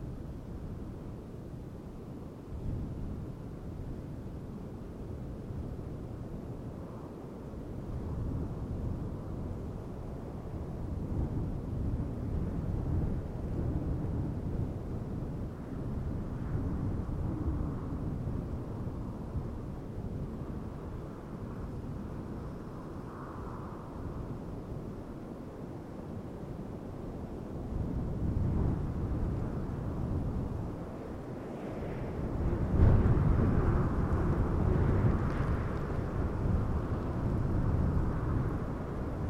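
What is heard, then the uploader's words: Open desert air fills the recording with a steady, deep rumble of wind, dark and low with little brightness above it. Faint, soft tones drift in now and then, and the wind swells louder near the end, from around 28 seconds onward. The sounds of the Arabian desert. Deep in the Empty Quarter - the sound of the desert is subtle yet mesmerising.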